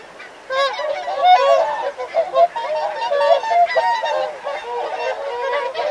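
Whooper swans trumpeting in a busy flock, overlapping nasal bugling honks from several birds after a brief quiet start.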